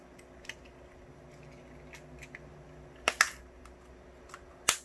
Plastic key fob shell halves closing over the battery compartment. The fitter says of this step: 이렇게 딱 소리가 나야